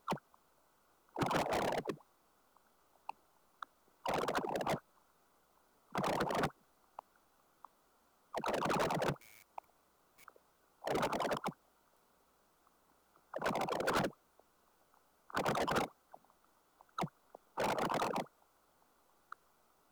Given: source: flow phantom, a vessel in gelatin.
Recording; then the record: Doppler ultrasound of air bubbles in flowing water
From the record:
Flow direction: towards the transducer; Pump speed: 250 rpm (900 mL/min); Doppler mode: pulsed wave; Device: 7 MHz transducer